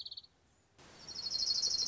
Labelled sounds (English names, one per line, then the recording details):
Orange-crowned Warbler
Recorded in Sonoma County, California